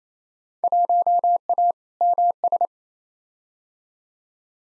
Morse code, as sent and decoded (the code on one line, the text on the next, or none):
.---- .- / -- ...
1A MS